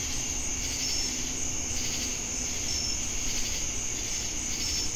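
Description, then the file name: Crickets produce a constant high trill with occasional short chirps, while a pulsing insect chorus swells and fades over low rumbling background noise. Jamestown, North Carolina, USA, on August 10, 2018. "Crickets And Sacadas Jamestown NC August-10-2018"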